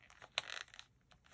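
A press-stud snap button on a fabric dog poo bag roll holder that holds two rolls is pressed closed. One sharp click sounds at 0.4 s, followed by fainter, softer noises. The snap fastens and seats back into place.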